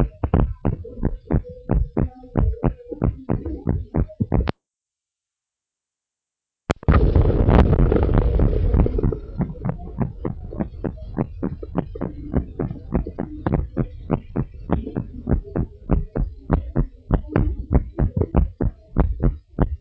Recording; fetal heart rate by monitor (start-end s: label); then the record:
heart sounds of a pregnant woman by stethoscope
no fetal heartbeat
From the record:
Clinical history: slow growth of one twin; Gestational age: 31 weeks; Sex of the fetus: twin boys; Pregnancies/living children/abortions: 2/1/0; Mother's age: 28 years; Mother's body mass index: 24.9